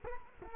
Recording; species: mosquito wingbeat signal from an infrared sensor; Culex quinquefasciatus